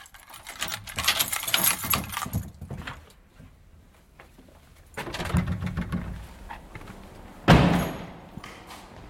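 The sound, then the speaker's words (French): A fairly modest door into the Fort de Brégançon, entered from the courtyard where its two wings meet, opens with a stretch of rattling and clattering, a quieter pause, more shuffling as people go in, then a sharp heavy thud as it shuts. No voices. “Et pour commencer, c'est par une porte assez modeste que nous rentrons dans le bâtiment.”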